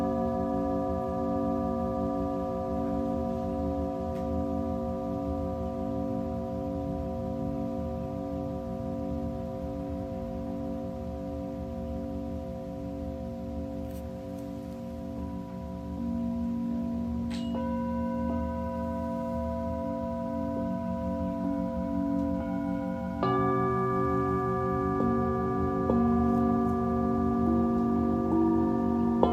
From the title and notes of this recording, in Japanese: 深夜のシンギングボウルのサウンドヒーリング。チベタンシンギングボウル。